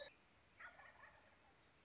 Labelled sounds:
Wild Turkey (Meleagris gallopavo)
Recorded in Sonoma County, California

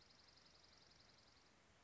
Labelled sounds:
Dark-eyed Junco (Junco hyemalis)
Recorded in Sonoma County, California

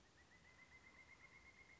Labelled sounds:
Pileated Woodpecker (Dryocopus pileatus)
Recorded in Sonoma County, California

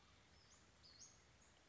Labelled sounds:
Western Flycatcher (Empidonax difficilis)
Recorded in Sonoma County, California

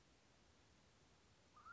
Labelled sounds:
Mountain Quail (Oreortyx pictus)
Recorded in Sonoma County, California

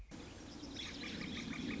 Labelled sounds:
Northern Flicker (Colaptes auratus)
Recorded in Sonoma County, California

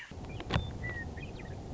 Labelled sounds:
Western Meadowlark (Sturnella neglecta)
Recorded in Sonoma County, California

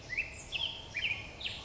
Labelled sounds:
Black-headed Grosbeak (Pheucticus melanocephalus)
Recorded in Sonoma County, California

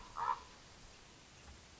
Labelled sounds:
Common Raven (Corvus corax)
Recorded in Sonoma County, California

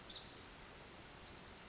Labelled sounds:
Pacific Wren (Troglodytes pacificus)
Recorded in Sonoma County, California

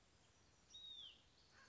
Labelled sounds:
Hutton's Vireo (Vireo huttoni)
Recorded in Sonoma County, California

